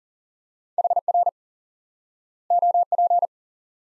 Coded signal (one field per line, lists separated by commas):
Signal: Morse code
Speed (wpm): 37 wpm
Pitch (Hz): 700 Hz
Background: none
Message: HR OP